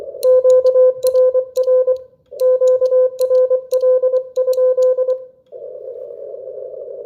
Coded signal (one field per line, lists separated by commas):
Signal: Morse code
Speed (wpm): 24 wpm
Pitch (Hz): 510 Hz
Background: none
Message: QRR QRL?